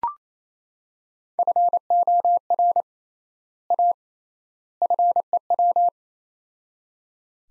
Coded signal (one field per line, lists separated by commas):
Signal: Morse code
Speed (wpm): 28 wpm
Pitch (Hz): 700 Hz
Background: none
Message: FOR A FEW